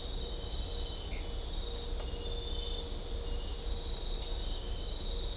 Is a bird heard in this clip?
no